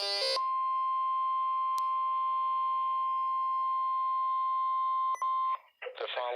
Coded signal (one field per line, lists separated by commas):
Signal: Emergency Alert System (SAME) tones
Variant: 1050 Hz attention tone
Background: speech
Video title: EAS #476- River Flood Warning on KZZ78